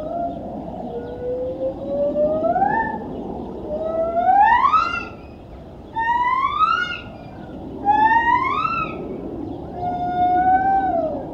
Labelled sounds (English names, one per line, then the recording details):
Lar Gibbon
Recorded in captivity
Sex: pair
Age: adult
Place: Tierpark Berlin, Berlin, DE
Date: 1973-03-10
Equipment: Uher 4200 Report Stereo, Verstärker I, Sennheiser MD 421
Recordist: Tembrock, Günter